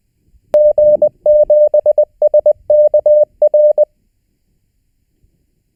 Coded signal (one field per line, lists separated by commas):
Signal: Morse code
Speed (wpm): 20 wpm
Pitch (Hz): 600 Hz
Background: none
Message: G7SKR